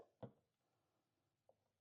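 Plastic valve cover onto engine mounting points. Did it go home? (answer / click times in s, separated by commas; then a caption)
yes / 0.2 s. A plastic decorative valve cover on an 11th-gen Honda Civic engine is pressed down onto its mounting points. A sharp snap at 0.2 s marks one of its clip points seating, and a faint tap follows near 1.5 s in a quiet background.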